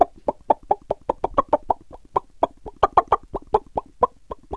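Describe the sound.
Bird giving clucking calls: a rapid, uneven series of short, low, hen-like clucks, some louder than others.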